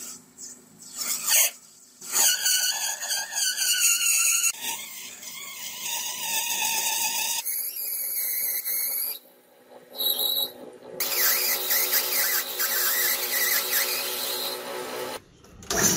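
Metalwork on a rusty hook: a run of high, whining grinding and rasping passes, each holding a steady squealing pitch that shifts between bursts. The sections change every few seconds, with brief pauses around 2, 10 and 15 seconds.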